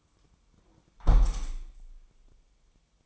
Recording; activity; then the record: daily activity, microphone in the room; close window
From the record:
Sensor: 1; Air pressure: 1000.5 hPa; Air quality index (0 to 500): 163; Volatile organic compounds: 3 ppm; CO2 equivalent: 1500 ppm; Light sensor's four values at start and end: 11/27/11/13 and 11/26/11/12